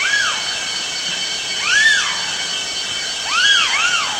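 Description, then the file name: Banded broadbill giving loud arched whistles that rise then fall, singly and then in a quick overlapping pair, above a steady high hiss. "eurylaimus javanicus"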